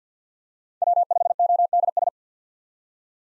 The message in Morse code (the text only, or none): W5ODS